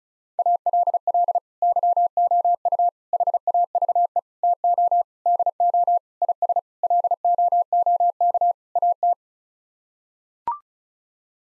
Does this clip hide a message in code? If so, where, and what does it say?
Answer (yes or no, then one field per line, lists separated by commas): yes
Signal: Morse code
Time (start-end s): 0.4-9.1 s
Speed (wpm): 36 wpm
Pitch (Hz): 700 Hz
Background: none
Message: ALL YOU HAVE TO DO IS LOOK AT